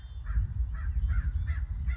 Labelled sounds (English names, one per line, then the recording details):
American Crow
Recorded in Sonoma County, California